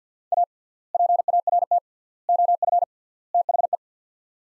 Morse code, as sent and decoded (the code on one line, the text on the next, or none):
.- / .--. .- .-. - / --- ..-. / - .... .
A PART OF THE